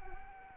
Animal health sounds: mosquito wingbeat signal from an infrared sensor; Anopheles arabiensis

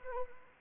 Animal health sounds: mosquito wingbeat signal from an infrared sensor; Anopheles arabiensis

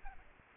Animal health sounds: mosquito wingbeat signal from an infrared sensor; Aedes aegypti

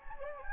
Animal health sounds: mosquito wingbeat signal from an infrared sensor; Anopheles gambiae

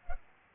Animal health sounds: mosquito wingbeat signal from an infrared sensor; Culex pipiens

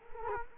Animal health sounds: mosquito wingbeat signal from an infrared sensor; Culex quinquefasciatus

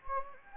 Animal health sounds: mosquito wingbeat signal from an infrared sensor; Anopheles gambiae

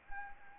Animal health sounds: mosquito wingbeat signal from an infrared sensor; Anopheles arabiensis

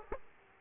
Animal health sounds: mosquito wingbeat signal from an infrared sensor; Aedes aegypti

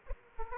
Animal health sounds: mosquito wingbeat signal from an infrared sensor; Aedes aegypti

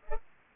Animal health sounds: mosquito wingbeat signal from an infrared sensor; Culex pipiens

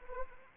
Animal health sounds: mosquito wingbeat signal from an infrared sensor; Anopheles arabiensis

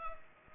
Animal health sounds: mosquito wingbeat signal from an infrared sensor; Culex pipiens

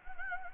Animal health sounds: mosquito wingbeat signal from an infrared sensor; Anopheles gambiae

